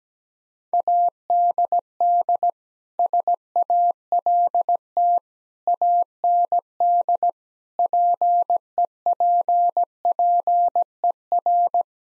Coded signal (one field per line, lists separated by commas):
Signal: Morse code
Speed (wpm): 17 wpm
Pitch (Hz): 700 Hz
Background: none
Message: ADD SALT AND PEPPER